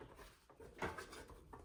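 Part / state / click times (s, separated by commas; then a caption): puddle light housing into the mirror/door panel opening / not seated / none. A plastic puddle light housing from a 2006–2010 Ford Explorer, fitted with a new bulb and rubber grommet, is handled and lined up grommet side first at its mirror/door panel opening. Soft rustling and handling noises are heard, with brief light taps around 1.0 s and 1.5 s. Nothing has seated or clicked into place yet.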